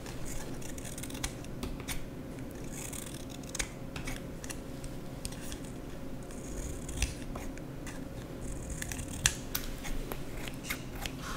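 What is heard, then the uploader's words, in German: Scissors cut through paper in quick, irregular snips, with short crisp clicks scattered throughout over a steady low hum and a faint tone. Scheren- und Schneidesounds.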